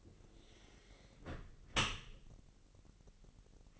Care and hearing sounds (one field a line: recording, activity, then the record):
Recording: daily activity, microphone in the room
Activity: close dishwasher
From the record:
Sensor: 4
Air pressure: 1001.4 hPa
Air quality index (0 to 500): 249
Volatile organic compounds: 44 ppm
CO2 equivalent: 3213 ppm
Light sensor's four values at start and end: 8/18/7/6 and 8/17/7/6